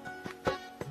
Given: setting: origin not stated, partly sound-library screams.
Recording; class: one-second piece from a danger detection set; normal situation